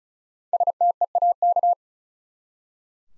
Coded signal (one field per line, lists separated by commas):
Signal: Morse code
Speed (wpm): 36 wpm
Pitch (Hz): 700 Hz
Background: none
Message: STEAK